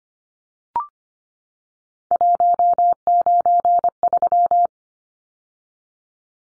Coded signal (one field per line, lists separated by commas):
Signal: Morse code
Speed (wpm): 25 wpm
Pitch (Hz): 700 Hz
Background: none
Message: 193